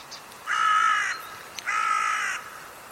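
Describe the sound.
Bird calling two hoarse, flat caws in a row, each well under a second long, with light clicks between.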